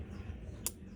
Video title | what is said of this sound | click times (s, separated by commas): How to replace steering wheel buttons in Kia Sportage | pushing it in gently until it clicks. | 0.7 s